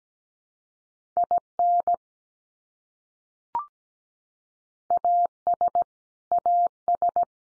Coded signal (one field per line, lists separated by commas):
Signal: Morse code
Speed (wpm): 17 wpm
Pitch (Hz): 700 Hz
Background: none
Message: IN AS AS